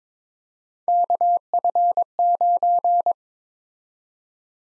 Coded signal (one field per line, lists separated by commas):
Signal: Morse code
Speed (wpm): 22 wpm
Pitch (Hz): 700 Hz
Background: none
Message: KF9